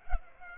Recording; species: mosquito wingbeat signal from an infrared sensor; Culex pipiens